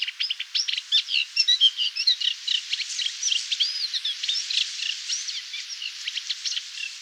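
Reed warbler delivering a continuous, rasping chatter of mixed notes and rattles, loud at first and then softer.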